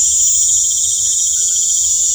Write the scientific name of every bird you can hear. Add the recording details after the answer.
none. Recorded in pastures near Puerto Asís, Putumayo, Colombia, on 21 December 2024 at 19:00. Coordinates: 0.496, -76.326. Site G004